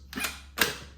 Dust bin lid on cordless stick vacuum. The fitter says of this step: it pops open right there and then you're able to remove the hair